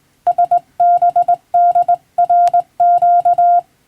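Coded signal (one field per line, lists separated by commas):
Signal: Morse code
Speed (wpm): 21 wpm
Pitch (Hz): 700 Hz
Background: none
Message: SBDRQ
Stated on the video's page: Morse practice in the style of the radiotelegraph operator licence exam, sending from a European-language telegram practice book, by a first-class radiotelegraph operator.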